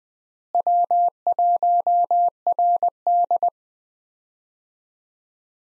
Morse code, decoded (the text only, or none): W1RD